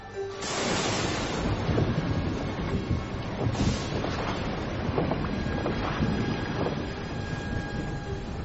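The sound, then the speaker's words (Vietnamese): A steady, dense rush of wind and water noise runs throughout, with a low rumble like a boat moving across open water, passing through a waterway of the Lotus Sea (Liên Hoa) toward the East Sea, and occasional brief surges of splashing. “Đi qua thủy đạo này là chúng ta sẽ tiến vào Đông Hải.”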